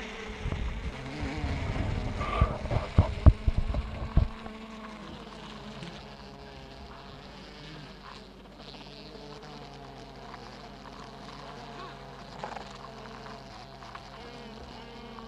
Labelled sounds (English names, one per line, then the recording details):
Honey Bee
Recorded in captivity
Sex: female
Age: imago
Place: Zoologisches Institut der HUB, Berlin, DE
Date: 1964-06-16 19:30
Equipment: BG 26/1, Grundig-Mikrofon
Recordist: Tembrock, Günter
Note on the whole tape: "Tüten" vornehmlich von einer Königin. Ca. 2 bis 3 Tage alt, in Weichselkästchen mit einigen Arbeiterinnen. Mehrere Kästchen stehen nebeneinander. Mitunter auch andere Königinnen zu hören (verschiedene Klangfarbe). Abstand ca. 5 cm. Zimmer 32. Band ununterbrochen auf Aufnahme durchgelaufen vor dem Kästchen mit der aktivsten Königin